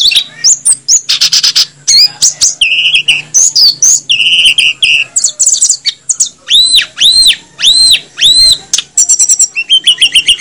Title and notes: Masteran Tledekan Gunung Sikatan Gunung 1. BURUNG TLEDEKAN